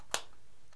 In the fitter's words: Eu Vou empurrar a paleta até ouvir um outro clique ouve